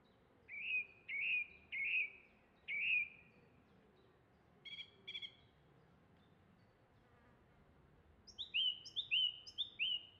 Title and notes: This field recording of a song thrush in Oxfordshire, England